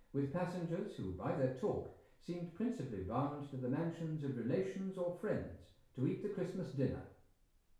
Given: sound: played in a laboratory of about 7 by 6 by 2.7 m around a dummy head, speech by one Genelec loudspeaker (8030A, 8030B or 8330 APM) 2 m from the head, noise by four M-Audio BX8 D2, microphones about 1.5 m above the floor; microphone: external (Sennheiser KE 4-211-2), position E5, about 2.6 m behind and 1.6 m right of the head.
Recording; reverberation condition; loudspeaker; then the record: male speech in English; medium; 150 degrees to the right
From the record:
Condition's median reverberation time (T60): about 510 ms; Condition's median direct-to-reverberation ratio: about -0.5 dB